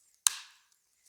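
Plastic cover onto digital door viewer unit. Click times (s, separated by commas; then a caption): 0.3 s. A plastic cover is pressed onto the back unit of an ENNTRON EN10 digital wide-screen door viewer, with the cable routed through its groove. One sharp, loud snap at 0.3 s rings out briefly across the high frequencies before fading, with only faint ticks around it. The cover locks in place.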